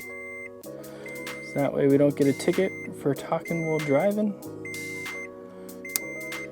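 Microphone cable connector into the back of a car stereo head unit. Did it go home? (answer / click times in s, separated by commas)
yes / 6.0 s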